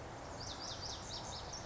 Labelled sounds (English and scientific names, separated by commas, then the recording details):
Lazuli Bunting (Passerina amoena)
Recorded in Sonoma County, California